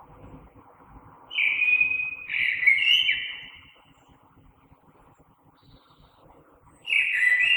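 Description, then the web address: Common blackbird song: a rich, whistled phrase, a pause, then the start of the next phrase, against a soft background rumble. Recorded 3 March 2020. "oiseaux Merle 2020 03 03"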